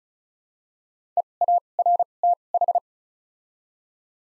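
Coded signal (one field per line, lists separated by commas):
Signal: Morse code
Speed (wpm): 36 wpm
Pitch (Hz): 700 Hz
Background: none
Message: E A R T H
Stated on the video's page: Morse practice set at 35 wpm using Top 200 words with 2x character spacing (Farnsworth-style timing).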